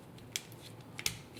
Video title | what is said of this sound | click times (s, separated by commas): FansToys FT-12/12T Grenadier with BadCube OTS-06 Hypno Comparison Video | The right side on this particular release is a bit loose, but it does lock into place. | 0.4 s, 1.1 s